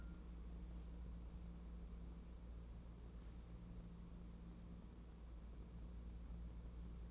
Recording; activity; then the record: daily activity, microphone in the room; wipe stove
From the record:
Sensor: 1